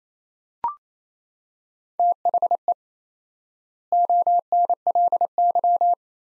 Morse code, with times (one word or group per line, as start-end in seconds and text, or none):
2.0-2.7 THE
3.9-5.9 ONLY